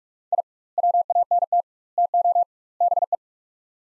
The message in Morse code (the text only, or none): I WANT TO BE